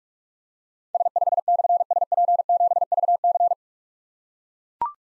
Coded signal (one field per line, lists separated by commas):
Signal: Morse code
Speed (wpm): 44 wpm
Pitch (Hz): 700 Hz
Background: none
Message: S5/SP7VC